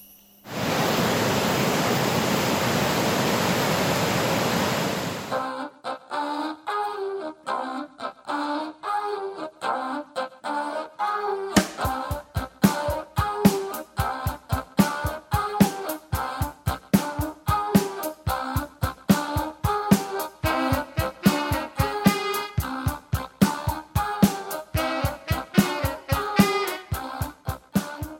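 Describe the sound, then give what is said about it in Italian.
A steady, dense rush of water from waterfalls roars for about five seconds, then cuts out and gives way to rhythmic music with a regular, pulsing beat. “Per passare alle sue cascate.”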